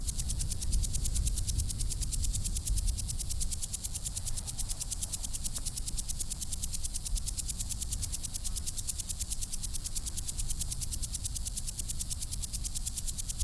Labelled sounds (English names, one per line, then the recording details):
Common Green Grasshopper stridulation
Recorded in the wild
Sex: male
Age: imago
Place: Kloster, Insel Hiddensee, Mecklenburg-Vorpommern, DE
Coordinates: 54.5911, 13.1075
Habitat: meadow
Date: 2008-09-09 15:10
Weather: bedeckt, 20°C, schwacher Wind
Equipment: Sound Devices 702, Sennheiser MKH 70, Windkorb
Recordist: Frommolt, Karl-Heinz
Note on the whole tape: Dornbuschhang: Gesang. Artbestimmung nur auf Grundlage des Gesanges. Entfernung 20 cm. Tier sitzt ca. 2 cm von Weibchen entfernt